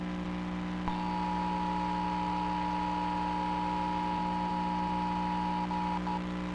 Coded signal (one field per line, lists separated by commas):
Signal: Emergency Alert System (SAME) tones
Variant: 853 and 960 Hz attention tone